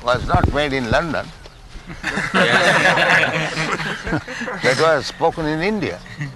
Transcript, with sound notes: was not made in London. [laughter] It was spoken in India.